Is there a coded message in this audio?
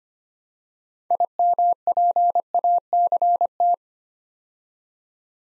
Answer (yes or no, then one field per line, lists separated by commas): yes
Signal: Morse code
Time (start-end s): 1.1-3.7 s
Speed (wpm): 25 wpm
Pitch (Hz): 700 Hz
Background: none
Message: IMPACT